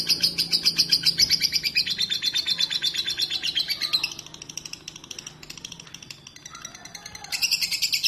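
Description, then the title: Lovebird calls, rapid high chirping in a steady rapid series, fading after four seconds then resuming loudly near the end. Konslet song type. "Lovebird Konslet"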